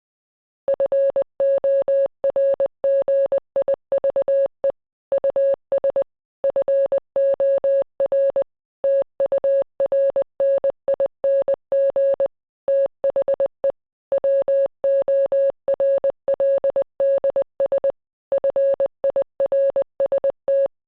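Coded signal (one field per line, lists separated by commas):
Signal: Morse code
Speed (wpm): 20 wpm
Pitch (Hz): 550 Hz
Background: none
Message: FORGIVE US FOR TURNING THE WORLDS FIRST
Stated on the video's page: Morse from a recreation using an original coherer receiver and spark coil, a Siemens Morse inker and a grasshopper key.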